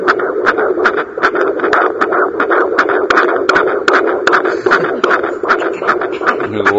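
Quick, steady whooshing pulses at about 154 a minute rise over a constant hiss: a normal fetal heartbeat picked up by a Doppler monitor, with a rate in the usual fetal range.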